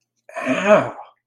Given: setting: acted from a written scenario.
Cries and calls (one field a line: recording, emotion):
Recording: vocal sound without words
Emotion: pain